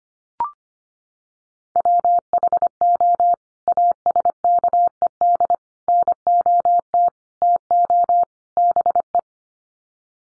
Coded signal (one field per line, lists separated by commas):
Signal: Morse code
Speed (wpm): 25 wpm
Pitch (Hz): 700 Hz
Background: none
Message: WHO ASKED NOT TO BE